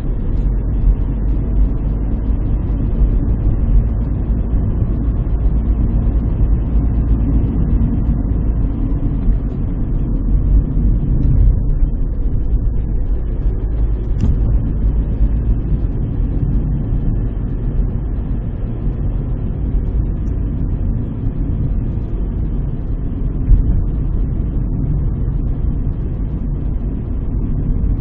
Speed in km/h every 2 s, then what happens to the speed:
58, 60, 60, 58, 50, 41, 41, 44, 44, 42, 45, 44, 45, 46.
0-5 steady at about 60. 5-10 brakes to 41. 10-28 steady at about 44.